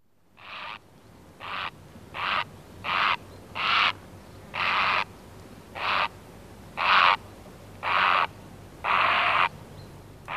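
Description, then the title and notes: Grey Heron calling: a series of harsh, rasping croaks, each short and broad, repeated roughly once a second at slightly uneven intervals. "Viikon luontoääni: Harmaahaikara. Pertti Koskimies"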